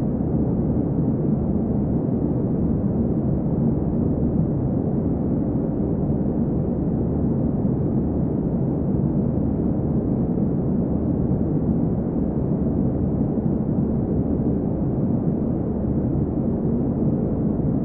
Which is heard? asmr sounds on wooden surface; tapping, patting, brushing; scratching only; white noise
white noise